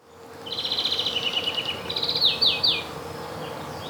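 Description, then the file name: European greenfinch singing a quick series of trills and twitters, rattling runs followed by a few sharp down-slurred notes, then quiet. "Chloris chloris"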